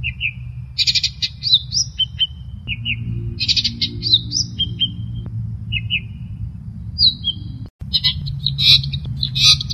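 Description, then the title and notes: Long-tailed shrike song mixing thin whistles with scratchy, buzzy bursts in varied phrases, broken by a brief dropout, over a low steady hum. Cage-bird training recording. "Masteran Burung Cendet"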